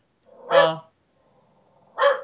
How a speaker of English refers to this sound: So we're just gonna listen to my dog bark.